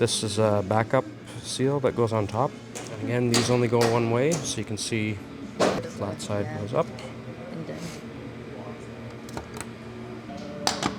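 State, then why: Seated. Someone talks while a backup seal is pressed flat side up into its groove, on top of the seal in a hydraulic gear flow divider. After the speech fades, a few small ticks lead to a sharp click at 10.7 seconds as the backup seal snaps into the groove and seats.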